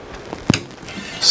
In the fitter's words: first thing that goes in we got to get this ribbon cable lined up snapped